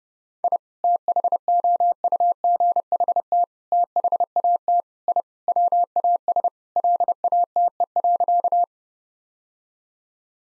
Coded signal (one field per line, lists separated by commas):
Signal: Morse code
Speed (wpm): 30 wpm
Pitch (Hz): 700 Hz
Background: none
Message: I THOUGHT THAT I WAS LATE.